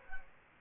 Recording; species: mosquito wingbeat signal from an infrared sensor; Culex quinquefasciatus